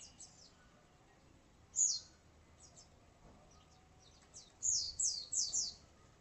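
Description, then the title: White-eye song: thin, high, down-slurred notes, one short burst and then a quick cluster of several near the end. "Pleci"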